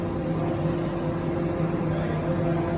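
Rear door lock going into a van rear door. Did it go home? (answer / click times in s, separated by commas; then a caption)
no / none. A rear door lock is lined up in the rear door of a Renault Traffic van during lock removal work, with its tab positioned to slot into a small hole while viewed in a mirror. Only a steady, even hum with low tonal bands is heard throughout, with no sharp sounds. Nothing has clicked or seated yet.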